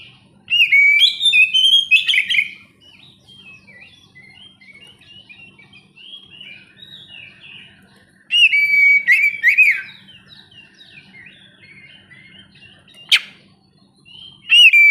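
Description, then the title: Oriental magpie-robin song: loud bursts of varied whistles and slurred notes at the start, around eight seconds and near the end, with soft warbling between and a low steady hum. "kacer"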